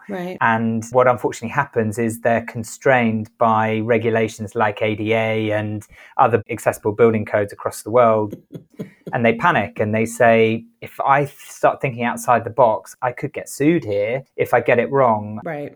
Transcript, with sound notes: And what unfortunately happens is they’re constrained by regulations like ADA and other accessible building codes across the world. (chuckles). And they panic and they say, “if I start thinking outside the box, I could get sued here if I get it wrong.